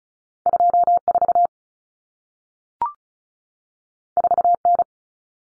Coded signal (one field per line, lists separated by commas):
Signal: Morse code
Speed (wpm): 36 wpm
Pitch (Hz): 700 Hz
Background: none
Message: 24 4N